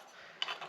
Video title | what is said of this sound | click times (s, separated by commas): Evolving in Large Format photography: Why I Chose New Zebra Plate Holders | you slide this in. It clicks into place because there's a spring up here. | 0.4 s